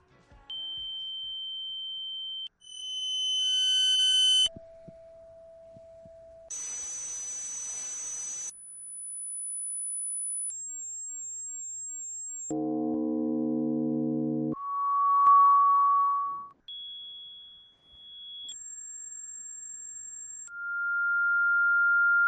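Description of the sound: A sequence of simulated tinnitus sounds from a device: steady pure tones at different pitches, a hiss, and a low buzz, each lasting a couple of seconds. This is what people with tinnitus hear all day, stuck in the ear, as a permanent ringing or buzzing that never goes away.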